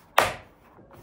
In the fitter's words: Keep pushing until it snaps into place.